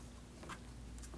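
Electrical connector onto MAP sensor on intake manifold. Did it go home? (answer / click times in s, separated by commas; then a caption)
no / none. An electrical connector is being handled as it is pushed back onto the new MAP sensor on the intake manifold of a 2016-2022 Honda Pilot 3.5L V6. Over a low steady hum there are soft handling rustles, with a brief sharper tick at 1.0 s. Nothing has seated or clicked yet.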